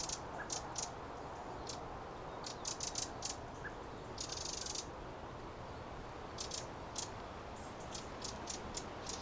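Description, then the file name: Eurasian wren with hard tick notes and short rattles, one longer churring burst midway, repeated irregularly over a steady hiss. "Troglodytes troglodytes"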